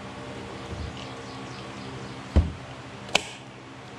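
A plastic line-feed cap is fitted back onto the head of a Craftsman V20 string trimmer while fixing a line feed problem. A dull thump comes at about 2.4 s, then one sharp, loud snap at 3.2 s as the cap seats.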